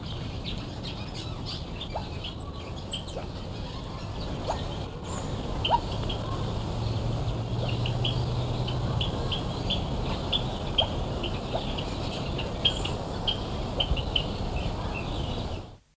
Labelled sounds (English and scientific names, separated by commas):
Koklass Pheasant (Pucrasia macrolopha) call